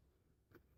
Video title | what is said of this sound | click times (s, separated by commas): Some OLD AND NEW STUFF!!!! | locks in place with this little bit here that is for the grenade attractive for the SLR | 0.6 s